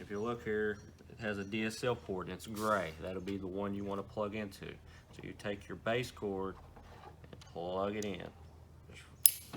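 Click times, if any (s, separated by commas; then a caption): 9.3 s. Someone talks while a base cord's RJ-style network plug is pushed into the gray DSL port on a modem. A few faint ticks come first, then one sharp, loud, short snap at 9.3 s as the plug seats in the port.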